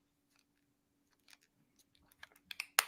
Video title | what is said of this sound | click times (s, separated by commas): Friday Night Livestream - Metal Detecting Talk- Special Guest Metal Detecting NYC | And you just go until it clicks. | 2.8 s